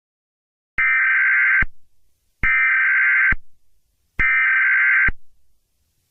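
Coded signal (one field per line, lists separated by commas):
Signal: Emergency Alert System (SAME) tones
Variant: header bursts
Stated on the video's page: Fictional EAS scenario about exploding batteries; simulated.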